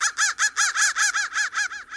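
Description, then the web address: Crow calls in a quick, even string of arched, harsh notes, each swooping up and down in pitch, with a processed quality. "soundfactory crow"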